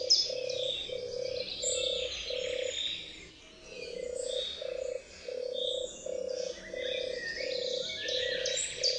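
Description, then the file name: European turtle dove purring in short low bursts about every half second, with other songbirds chirping and trilling higher up throughout. "turkawka"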